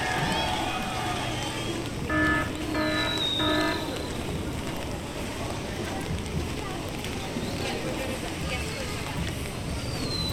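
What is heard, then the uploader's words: A walk through a busy theme park, with steady crowd chatter, three quick tonal beeps around two to four seconds, and faint high whistles. Take a walk through Animal Kingdom park in Walt Disney World. Get ready to hear all the sounds from Pandora, Africa, Asia, Dinoland and the Island of Discovery as we walk through this amazing, lush park.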